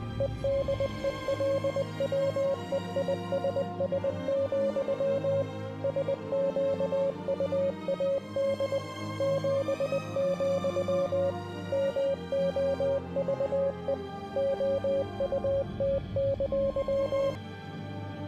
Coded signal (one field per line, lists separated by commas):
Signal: Morse code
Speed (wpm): 20 wpm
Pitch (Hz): 550 Hz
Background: music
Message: EDELWEISS, SQUAD 7, MOVE OUT!